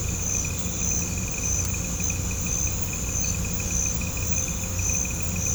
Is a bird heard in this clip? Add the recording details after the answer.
no. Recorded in pastures near Puerto Asís, Putumayo, Colombia, on 18 December 2024 at 00:00. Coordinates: 0.505, -76.324. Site G063